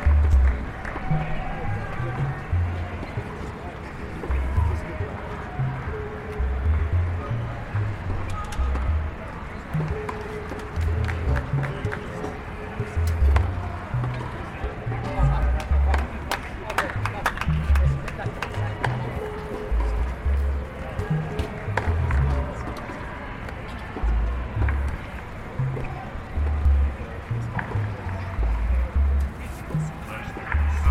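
A steady crowd murmur from a tennis tournament, with overlapping voices. Sharp short knocks and clicks come through often, bunching up around the middle, over low thudding footsteps and a constant outdoor hum.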